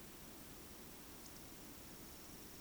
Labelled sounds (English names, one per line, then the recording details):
Eurasian Woodcock whistle
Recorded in Baden-Württemberg, Germany, on 9 June 2021 at 20:19 UTC
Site 25175, 602 m above sea level